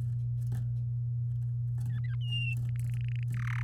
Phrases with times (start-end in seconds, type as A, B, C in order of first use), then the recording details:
1.90-2.15 A, 2.20-2.54 B, 2.69-3.23 C, 3.34-3.62 D. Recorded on 8 May 2018 at 05:35. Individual llb16